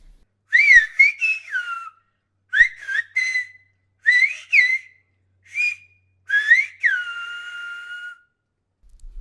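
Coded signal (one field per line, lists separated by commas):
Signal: whistled language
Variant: Silbo Gomero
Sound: five whistled phrases with sliding rising and falling pitch, separated by short pauses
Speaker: y estamos aquí en el capítulo de hoy con María Montesino, natural de la Gomera y Esperta Silvadora. Bueno, experta no soy yo, pero bueno, silvadora y gomera, eso sí.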